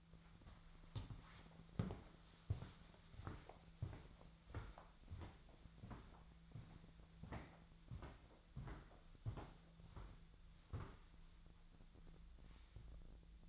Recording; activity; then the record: daily activity, microphone in the room; walk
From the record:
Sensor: 3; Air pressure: 1008.3 hPa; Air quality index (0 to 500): 192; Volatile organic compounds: 14 ppm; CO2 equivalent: 2463 ppm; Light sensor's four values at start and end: 17/41/17/18 and 17/40/17/17